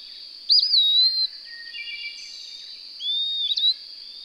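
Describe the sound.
Bird song with a looping whistle held steadily, then after a gap a rising whistle ending in a quick flourish, accompanied by a constant high hum.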